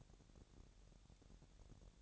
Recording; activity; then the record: daily activity, microphone in the room; take from stove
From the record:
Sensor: 3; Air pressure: 1012.0 hPa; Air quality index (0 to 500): 218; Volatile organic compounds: 4 ppm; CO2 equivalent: 1628 ppm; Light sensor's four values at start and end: 92/219/90/80 and 92/219/90/80